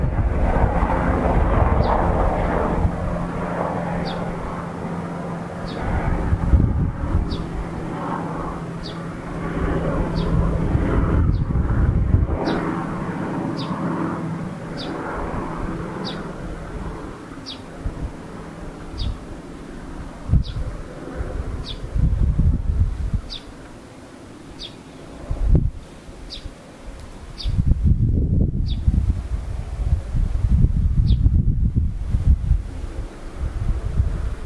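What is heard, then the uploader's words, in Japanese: A swallow repeats a short, high chirp at a steady pace, about once a second, over a constant low rumble of passing traffic. ツバメ。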